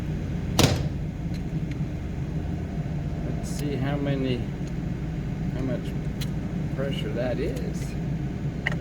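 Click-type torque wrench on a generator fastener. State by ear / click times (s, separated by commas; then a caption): torque reached / 8.7 s. A preset click-type torque wrench is turned on a fastener while servicing a PowerTrip 1000-amp generator plant, over a steady low hum with someone talking and a sharp unrelated sound near 0.6 s. At 8.7 s the wrench breaks over with a sharp tick, confirming it has reached its torque setting.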